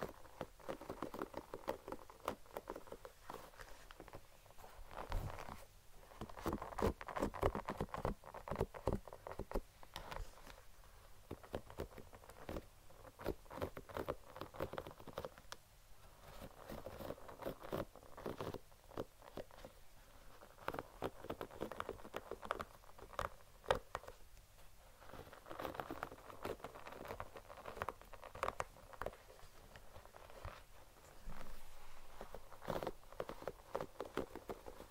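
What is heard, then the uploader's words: Soft scratching and brushing against a fluffy microphone cover, with no talking. Dense crackly rustles and quick patters run throughout, swelling and easing in waves every few seconds. A muffled low rumble sits beneath the brighter scratchy texture. TimASMR- ASMR ~BRAIN MELTING~ Fluffy Mic TRIGGERS (Scalp Massage, Brushing, No Talking).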